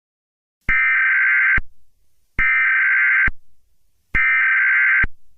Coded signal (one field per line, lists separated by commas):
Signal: Emergency Alert System (SAME) tones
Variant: header bursts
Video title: eas scenario catemojibabyheat part 16